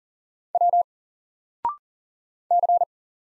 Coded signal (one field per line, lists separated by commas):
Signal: Morse code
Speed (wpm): 40 wpm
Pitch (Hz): 700 Hz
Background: none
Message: W C